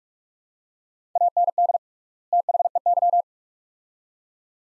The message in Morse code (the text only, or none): AND THEY